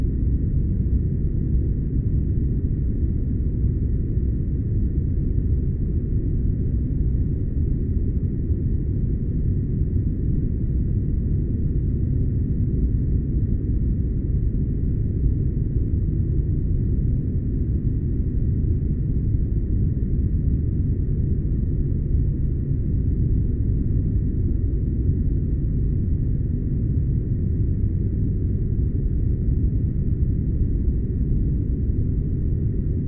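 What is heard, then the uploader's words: A spaceship hums with a steady, unbroken drone for the full half minute. The sound sits low and heavy, a dense rumble with a faint thin tone floating above it, never rising or falling. No distinct events break the even engine noise. Shuttlecraft Spaceship Sounds.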